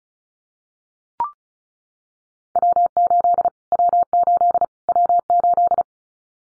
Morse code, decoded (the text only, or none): W8 W8 W8